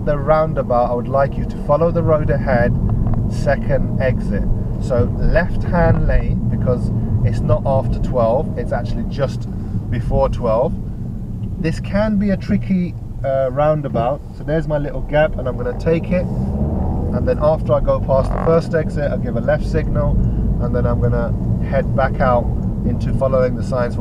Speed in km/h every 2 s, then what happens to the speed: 35, 35, 35, 27, 19, 10, 6, 23, 24, 29, 32, 32.
4-11 brakes to 6. 12-24 speeds up to 32.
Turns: 14-19.